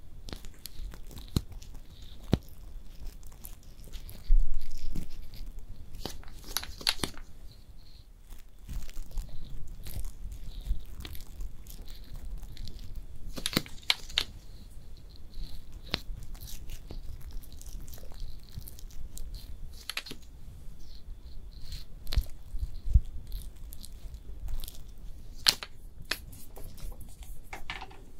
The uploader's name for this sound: ASMR Makeup Artist Does Your MAKEUP (Layered + No Talking)